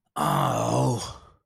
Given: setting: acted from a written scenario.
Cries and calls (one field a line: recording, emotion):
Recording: vocal sound without words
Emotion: disappointment